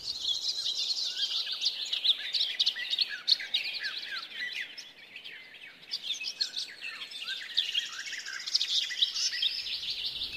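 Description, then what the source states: Garden Warbler song, a fast, continuous warbling stream of varied notes. Song fast-paced and flute-like, often coming unseen from deciduous foliage; sings in lush groves, birch woods and edges of overgrown clearings.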